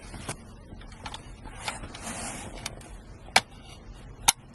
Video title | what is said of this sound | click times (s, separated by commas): Toyota RAV4 2013-2018 Car Stereo Upgrade! 🎶 DM for a Free Stereo Sample! | Make sure everything clicks into place. | 3.4 s, 4.3 s